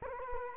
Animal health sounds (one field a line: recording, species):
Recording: mosquito wingbeat signal from an infrared sensor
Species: Culex quinquefasciatus